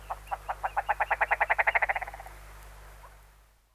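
Bird song: a rapid trill of many notes that quicken at first, swelling in loudness and then fading away.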